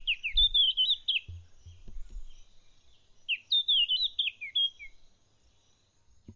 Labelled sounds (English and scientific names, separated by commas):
Red-backed Scrub-Robin (Cercotrichas leucophrys)